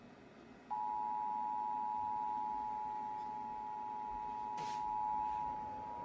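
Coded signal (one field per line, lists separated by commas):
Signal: Emergency Alert System (SAME) tones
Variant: 853 and 960 Hz attention tone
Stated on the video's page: Required monthly test with a synthesized voice reading a Spanish version.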